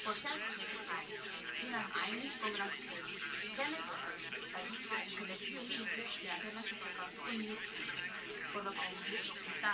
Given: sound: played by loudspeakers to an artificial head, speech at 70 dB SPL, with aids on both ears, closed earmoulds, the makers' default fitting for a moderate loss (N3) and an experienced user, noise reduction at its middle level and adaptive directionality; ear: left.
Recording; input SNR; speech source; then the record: speech test signal (ISTS) in cocktail-party noise; 0 dB; on the right (90 degrees)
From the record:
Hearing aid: class 1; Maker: E